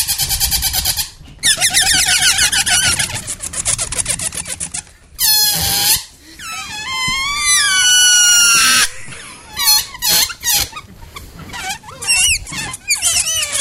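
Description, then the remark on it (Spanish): A voice imitates a pedestrian crossing signal, the beeping that tells blind people they may cross the zebra crossing, with loud, shrill bursts of rapid chirping beeps, some warbling up and down in pitch, repeated for several seconds with brief gaps between bursts. “Ese pitido indica que los ciegos ya pueden cruzar el paso de cebra.”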